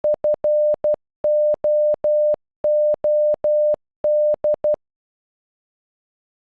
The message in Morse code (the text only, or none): FOOD